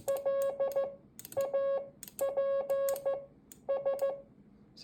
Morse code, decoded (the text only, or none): LAPS